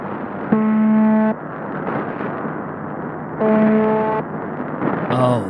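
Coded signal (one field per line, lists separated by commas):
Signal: channel marker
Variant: UVB-76, The Buzzer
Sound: two short harsh low buzzes about three seconds apart over hissy static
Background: radio static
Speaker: one such example is UVB 76 that's the identifier the mysterious buzzer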